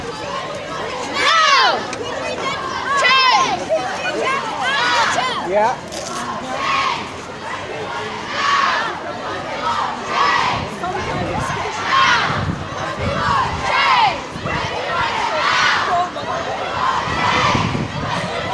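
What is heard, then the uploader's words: A crowd of young protesters at a climate strike, voices shouting and chanting in waves about every two seconds. The noise stays dense throughout, with overlapping calls, bursts of cheering and a low rumble of the gathering underneath. Recording of Youth Strike for Climate Change.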